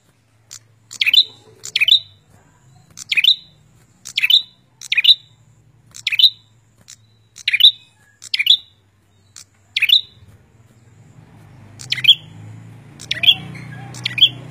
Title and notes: Kicau Burung Perenjak Sawah Gacor. kicau prenjak gacor bisah buat masteran